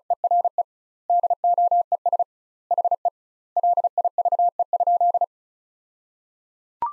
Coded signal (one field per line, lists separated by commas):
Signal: Morse code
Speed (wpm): 36 wpm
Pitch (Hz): 700 Hz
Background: none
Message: ERE DOES HE LIVE?